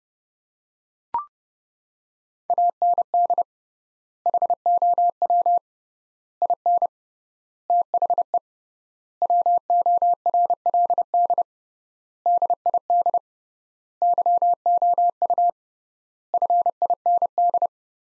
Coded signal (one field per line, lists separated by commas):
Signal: Morse code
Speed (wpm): 32 wpm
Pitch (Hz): 700 Hz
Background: none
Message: AND HOW IN THE WORLD DID YOU FIND